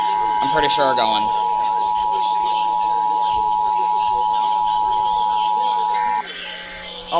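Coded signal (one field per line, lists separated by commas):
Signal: Emergency Alert System (SAME) tones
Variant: 853 and 960 Hz attention tone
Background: speech, music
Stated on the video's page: Pennsylvania required monthly tests.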